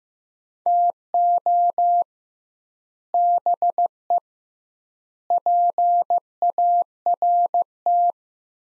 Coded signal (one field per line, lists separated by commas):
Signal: Morse code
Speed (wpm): 15 wpm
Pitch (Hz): 700 Hz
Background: none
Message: TO BE PART